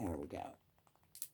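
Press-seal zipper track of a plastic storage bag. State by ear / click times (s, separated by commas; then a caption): seated / 0.9 s, 1.2 s. Someone talks while pressing the zip-lock seal of a plastic seed bag closed along its length, after an earlier attempt that did not sound like it was sealing. A run of small, quiet clicks follows, at 0.9 s and twice around 1.2 s, as the zipper track locks shut.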